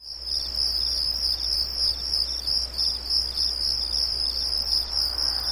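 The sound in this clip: Cricket call: continuous high, pulsed chirping over a low background hum.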